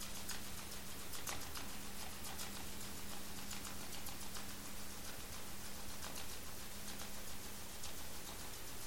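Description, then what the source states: Sperm whale echolocation clicks heard as a loose series of quiet, crisp ticks over constant low droning hum and hiss. Recorded by hydrophone in the Strait of Georgia on 27 March 2018.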